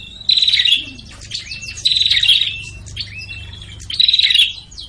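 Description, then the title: Prinia chattering calls in three loud bursts, each a rapid scratchy series with high thin notes. Noisy prinia calls used as a lure to attract prinias, including red-headed and 'tamu' prenjak types. "Suara Prenjak Ribut Buat Pikat Burung Prenjak Kepala Merah Prenjak Tamu"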